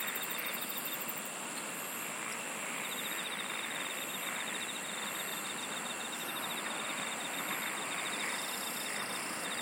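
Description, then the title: Insects trill in rapid pulses over a sustained high tone, the pulsing breaking off and resuming, with dense background hiss. "SINGING OF INSECTS"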